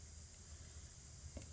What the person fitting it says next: they snap into place